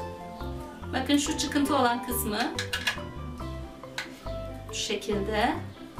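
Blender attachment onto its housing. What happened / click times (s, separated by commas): A plastic attachment is being lined up and handled but has not yet seated / none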